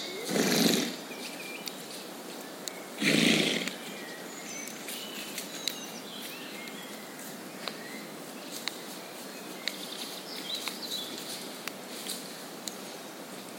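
Woodland ambience with a steady soft hiss and faint high bird chirps throughout. Two loud, rough bursts break in near the start, at about half a second and three seconds. From the middle on, sharp twig snaps tick at roughly one-second intervals, like a clock.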